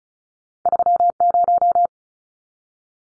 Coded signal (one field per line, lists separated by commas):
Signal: Morse code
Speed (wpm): 34 wpm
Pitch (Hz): 700 Hz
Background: none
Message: 30